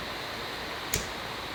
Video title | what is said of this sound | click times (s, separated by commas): Replace the rear wiper blade 2019 Honda HRV | And that's it. It's snapped in. | 0.9 s